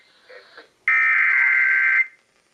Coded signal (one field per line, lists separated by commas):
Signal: Emergency Alert System (SAME) tones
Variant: header bursts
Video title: GOOD MORNING! HAVE SOME DAVIDSON... EAS Alerts from 8/2/18 (EAS #1,517 - 1,535)